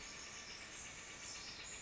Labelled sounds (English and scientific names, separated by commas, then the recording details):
Pacific Wren (Troglodytes pacificus)
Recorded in Sonoma County, California